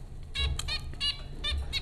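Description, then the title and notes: Zebra finch calls, short nasal honking beeps given in quick bursts, several notes close together over a low steady hum. Recorded by Dan Bodah at Popcorn School, Flatbush, Brooklyn, New York, USA, April 15, 2009. "Dronecast No. 030: The Popcorn Finches Four from Apr 15, 2009. Zebra finches recorded by Dan Bodah at Popcorn School, Flatbush, Brooklyn NY in April 2009"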